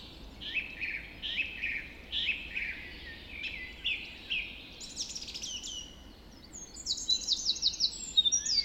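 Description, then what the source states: Birds in a dawn chorus, a repeated descending phrase sung several times, then bright high trills and rapid ticking series from other singers. Dawn chorus recorded just after dawn in the Forest of Dean.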